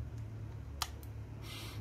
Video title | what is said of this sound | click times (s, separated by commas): Dji Mavic Mini - Extract Photo and video to computer. | you just push that in and hear the click | 0.8 s